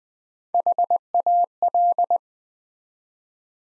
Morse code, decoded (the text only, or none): HAL